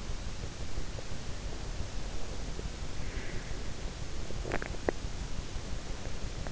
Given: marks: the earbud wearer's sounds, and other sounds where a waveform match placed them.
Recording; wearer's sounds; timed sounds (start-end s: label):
sounds in sleep by an in-ear microphone; breath, teeth grinding
2.94-3.73 s: breath
4.39-5.12 s: teeth grinding